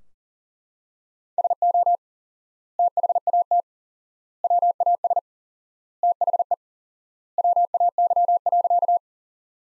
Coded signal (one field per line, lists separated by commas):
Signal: Morse code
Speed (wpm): 37 wpm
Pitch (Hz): 700 Hz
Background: none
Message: SO THAT WAS THE WAY.